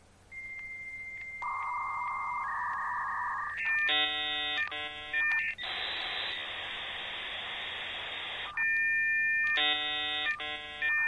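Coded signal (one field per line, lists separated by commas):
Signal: dial-up modem handshake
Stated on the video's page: Royalty-free dial-up modem sound effect.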